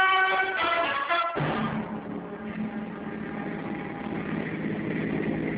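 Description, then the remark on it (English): A car engine hums steadily during a ride in a radio drama, with a low, continuous rumble and a faint whining overtone, starting abruptly after a brief bright tonal burst and holding an even loudness to the end. “You and Murray, put him in the car, Sam, and we'll all go for a ride.”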